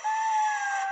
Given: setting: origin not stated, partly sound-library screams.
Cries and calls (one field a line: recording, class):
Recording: one-second piece from a danger detection set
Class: woman in danger